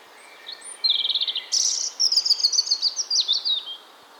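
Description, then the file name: European robin song, a varied run of high, thin warbling and trilled notes shifting in pitch, with a soft hiss in the background. "Erithacus rubecula"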